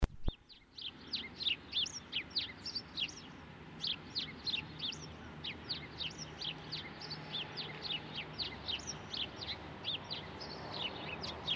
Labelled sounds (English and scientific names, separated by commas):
House Sparrow (Passer domesticus) song